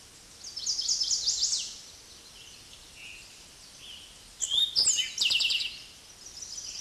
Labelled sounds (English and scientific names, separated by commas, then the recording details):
Eastern Towhee (Pipilo erythrophthalmus) song
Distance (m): 5 m
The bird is about level with the microphone
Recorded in a Pennsylvania forest on 16 May 2024 at 06:12
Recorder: AudioMoth, point MSD-2166
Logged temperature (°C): 16.3 °C
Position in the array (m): 109 m, 6 m